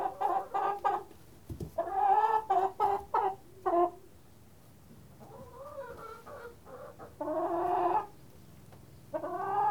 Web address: Tom's Jerry Apps Winter. chickens